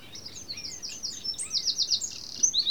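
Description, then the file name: Eurasian wren song, a rapid run of high, sharp notes that gives way to a louder, faster rattling trill in the second half. "Troglodytes troglodytes"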